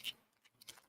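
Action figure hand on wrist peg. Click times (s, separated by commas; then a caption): 0.6 s. A plastic action figure hand is pulled off the figure's wrist peg to be swapped, the peg working like a doll's. A short, bright pop at 0.6 s marks the hand coming free, with a sharper tick near the start and faint light ticks around it. The hand is released from the peg.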